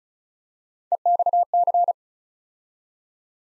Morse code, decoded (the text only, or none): EXC